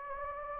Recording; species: mosquito wingbeat signal from an infrared sensor; Anopheles gambiae